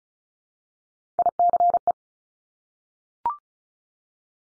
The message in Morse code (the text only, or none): ICE